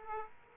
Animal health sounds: mosquito wingbeat signal from an infrared sensor; Aedes aegypti

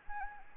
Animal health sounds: mosquito wingbeat signal from an infrared sensor; Anopheles gambiae

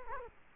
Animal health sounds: mosquito wingbeat signal from an infrared sensor; Culex quinquefasciatus

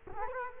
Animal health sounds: mosquito wingbeat signal from an infrared sensor; Culex quinquefasciatus

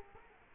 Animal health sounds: mosquito wingbeat signal from an infrared sensor; Culex quinquefasciatus

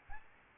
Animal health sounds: mosquito wingbeat signal from an infrared sensor; Aedes albopictus

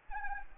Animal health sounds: mosquito wingbeat signal from an infrared sensor; Anopheles arabiensis

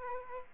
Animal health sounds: mosquito wingbeat signal from an infrared sensor; Aedes aegypti

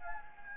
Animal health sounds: mosquito wingbeat signal from an infrared sensor; Anopheles gambiae

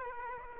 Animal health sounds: mosquito wingbeat signal from an infrared sensor; Aedes aegypti

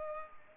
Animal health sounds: mosquito wingbeat signal from an infrared sensor; Culex pipiens

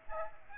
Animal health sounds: mosquito wingbeat signal from an infrared sensor; Aedes aegypti

